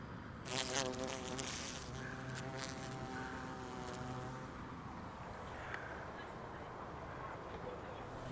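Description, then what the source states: Buff-tailed Bumblebee wing buzz, a low droning hum for about four seconds that then fades away, with a few rustling knocks and steady background hiss. Queen slowly hovering above crocuses and plunging in, covered in pollen and grooming it into her pollen baskets; early spring, urban park; probably too early for her to be collecting pollen.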